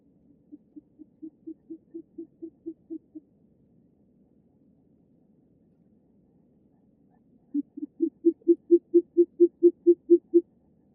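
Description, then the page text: Short-eared owl, two bouts of low muffled hoots: a softer run of about twelve notes, a few seconds of quiet, then a louder, rapid series of similar hoots. "Голос птицы - Болотная сова"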